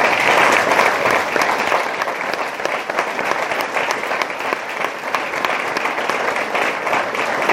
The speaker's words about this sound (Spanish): Eso se merece otro aplauso.